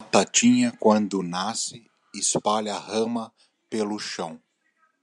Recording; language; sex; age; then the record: short text; Brazilian Portuguese; male; 40 to 49 years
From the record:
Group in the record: control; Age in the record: 41 years